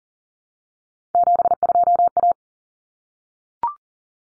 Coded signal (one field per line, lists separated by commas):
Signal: Morse code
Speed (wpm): 37 wpm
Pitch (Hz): 700 Hz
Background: none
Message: 72A